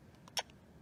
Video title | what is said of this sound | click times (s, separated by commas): How use Lumispa Accent | and tug and it snaps right in so you get your product | 0.4 s